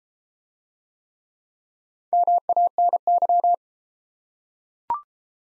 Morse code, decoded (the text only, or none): MANY